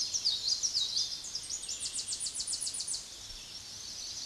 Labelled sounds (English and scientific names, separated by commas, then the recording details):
Tennessee Warbler (Leiothlypis peregrina) song
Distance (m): 20 m
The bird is about 10 m above the microphone
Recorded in a Pennsylvania forest on 16 May 2024 at 06:11
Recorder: AudioMoth, point MSD-2306
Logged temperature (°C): 15.6 °C
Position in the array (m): 34 m, 60 m